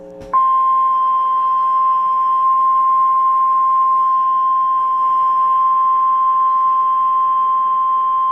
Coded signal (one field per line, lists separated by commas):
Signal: Emergency Alert System (SAME) tones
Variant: 1050 Hz attention tone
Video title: EAS #73 Severe thunderstorm warning for Guthrie, and Boone, IA